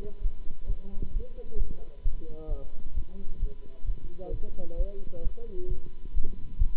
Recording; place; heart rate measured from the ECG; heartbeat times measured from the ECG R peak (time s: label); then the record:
heart sounds by stethoscope; between the tricuspid and mitral areas; 132 bpm
0.20 s: heartbeat
0.66 s: heartbeat
1.11 s: heartbeat
1.56 s: heartbeat
2.02 s: heartbeat
2.47 s: heartbeat
2.93 s: heartbeat
3.39 s: heartbeat
3.84 s: heartbeat
4.30 s: heartbeat
4.76 s: heartbeat
5.22 s: heartbeat
5.67 s: heartbeat
6.12 s: heartbeat
6.57 s: heartbeat
From the record:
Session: Bruce protocol treadmill stress test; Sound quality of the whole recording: good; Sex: male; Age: 26 years